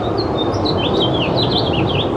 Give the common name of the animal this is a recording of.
House Finch